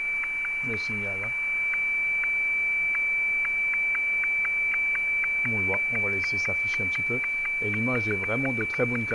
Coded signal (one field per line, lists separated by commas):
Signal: weather fax (radiofax)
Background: speech